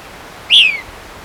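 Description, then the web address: White-crested Elaenia giving one clear, downslurred whistled note that falls quickly in pitch. Recorded in Ecuador. "Birds of Ecuador 2. White-Crested Elaenia"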